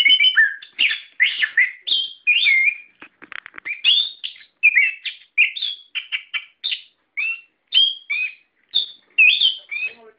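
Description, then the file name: Songbird song: rapid high chirps and whistled slurs strung together in a busy stream. Masteran, song-training audio used for cage birds. "ak-masteran -omkicau"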